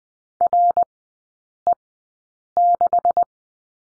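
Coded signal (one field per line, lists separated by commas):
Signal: Morse code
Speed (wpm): 20 wpm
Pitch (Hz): 700 Hz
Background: none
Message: RE6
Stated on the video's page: Morse code course lesson on the number 9 in three-character groups, at Farnsworth speed of 20/10 wpm.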